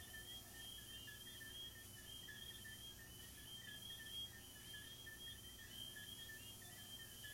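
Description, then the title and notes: Crickets give continuous, evenly pulsed high-pitched chirping with a second, lower pulsed band, over low background noise. Crickets recorded in a garden. "These are relaxing asmr crickets from my garden"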